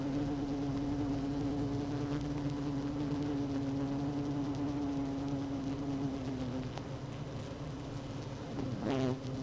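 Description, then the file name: Honey bees humming in a hive, a steady low tone that dips and softens near the end, followed by a brief swooping sound. Hive 1 with queen bee, recorded 12 June 2018 at 16:30. "Hive 1 12 06 2018 Queen Bee H 1 audio 16 30 00"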